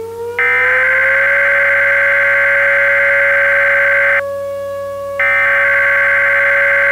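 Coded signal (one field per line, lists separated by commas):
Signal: Emergency Alert System (SAME) tones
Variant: header bursts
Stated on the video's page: Fictional EAS mockup.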